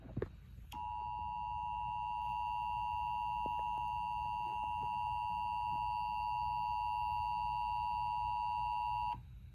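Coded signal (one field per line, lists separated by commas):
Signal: Emergency Alert System (SAME) tones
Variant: 853 and 960 Hz attention tone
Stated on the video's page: Fictional EAS scenario, not a real alert.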